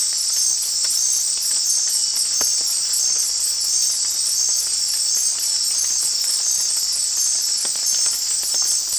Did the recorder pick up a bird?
no